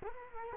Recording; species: mosquito wingbeat signal from an infrared sensor; Culex quinquefasciatus